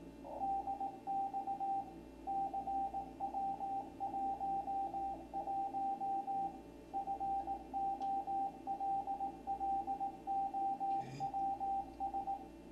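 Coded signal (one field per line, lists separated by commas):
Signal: Morse code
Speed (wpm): 18 wpm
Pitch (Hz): 790 Hz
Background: radio noise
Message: DX CW11 FOLLOWS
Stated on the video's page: Ham radio signals received with a Commodore 128 in C64 mode through a Kantronics interface.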